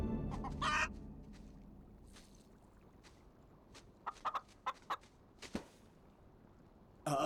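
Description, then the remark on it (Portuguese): A chicken clucks in a quick run of short, sharp notes after a few louder squawking bursts at the start, with quiet stretches in between and another squawk at the very end. “Qual é a da galinha?”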